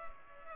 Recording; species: mosquito wingbeat signal from an infrared sensor; Culex pipiens